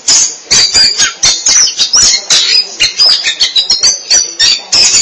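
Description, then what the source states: Oriental magpie-robin song, loud and dense, with quick sharp notes and high whistled slurs tumbling over one another in rapid, almost unbroken bursts. Kacer song.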